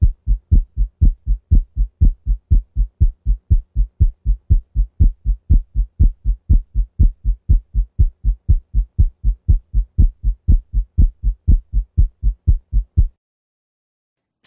Physiologic splitting of S2 is often not detectable in dogs and cats under routine clinical circumstances. Physiologic splitting of S2 at the base of the heart. 120 beats per minute.